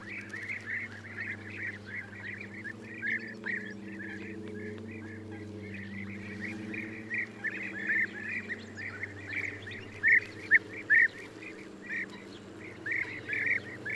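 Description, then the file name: European bee-eaters giving repeated purring, rolled calls in an overlapping stream, a few louder notes standing out, with a low steady drone beneath. "gyurgyalag"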